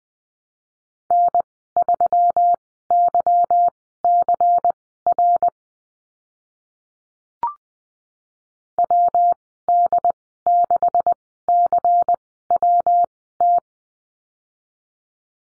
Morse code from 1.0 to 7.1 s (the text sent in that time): N3YCR